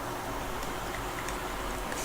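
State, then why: Not seated. A small plug-in accessory connector is being handled at a port on the camera, dropped in from the top before being pressed down. Steady broadband noise runs throughout with no distinct transients. Nothing has seated or clicked yet.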